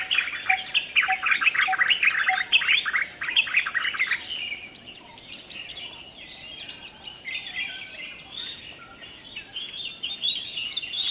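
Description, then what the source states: Bulbul calls: a dense burst of sharp, chattering notes for about four seconds, then softer, scattered whistled phrases over a steady background hiss. Several bulbuls, described as cheery.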